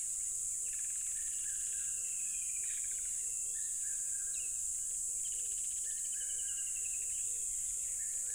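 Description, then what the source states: Crickets in a loud, unbroken high-pitched trilling chorus, with chattering birdcalls and a softer, repeated low note underneath. Loud crickets by a tropical river.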